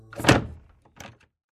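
An entrance door is flung open in one swing with a loud, heavy thud, followed about a second later by a softer rattling knock as it settles. No one speaks.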